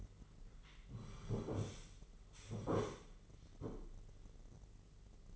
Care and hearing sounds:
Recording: daily activity, microphone in the room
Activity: sit down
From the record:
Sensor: 4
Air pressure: 996.8 hPa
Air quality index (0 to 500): 240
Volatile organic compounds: 334 ppm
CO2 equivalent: 4553 ppm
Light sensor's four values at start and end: 44/108/44/44 and 44/108/44/44

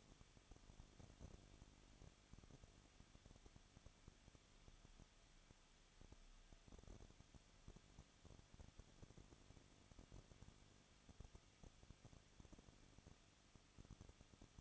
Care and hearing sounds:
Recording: daily activity, microphone in the room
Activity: no activity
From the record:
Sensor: 4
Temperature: 23.0 degrees Celsius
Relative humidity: 34.2%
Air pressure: 1007.3 hPa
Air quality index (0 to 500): 217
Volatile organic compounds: 15 ppm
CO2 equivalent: 2516 ppm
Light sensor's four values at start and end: 2/3/1/1 and 2/3/1/1

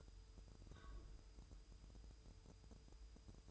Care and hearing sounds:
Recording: daily activity, microphone in the room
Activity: take from stove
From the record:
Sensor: 2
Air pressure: 988.2 hPa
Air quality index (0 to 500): 190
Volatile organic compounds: 178 ppm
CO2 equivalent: 4135 ppm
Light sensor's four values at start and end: 21/71/28/27 and 21/71/28/27

